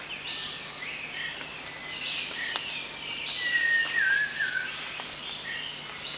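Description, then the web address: Rufous-tailed shama whistle, a single clear note sliding downward and then levelling off, against constant high-pitched insect buzzing. Recorded at Danum on 1 January 2008. "DANUM 20080101 rufous-tailed shama"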